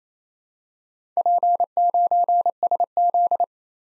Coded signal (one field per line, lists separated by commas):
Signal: Morse code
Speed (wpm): 27 wpm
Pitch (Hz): 700 Hz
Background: none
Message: P9SZ